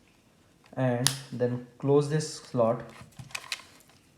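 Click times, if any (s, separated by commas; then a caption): 3.3 s, 3.5 s. Someone talks, then the plastic cover over the camcorder's memory card slot is closed on the camcorder body. Two sharp clicks at 3.4 s and 3.5 s are heard as the cover snaps shut into place.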